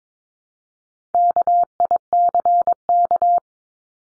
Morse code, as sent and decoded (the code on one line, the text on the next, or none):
-.- .. -.-. -.-
KICK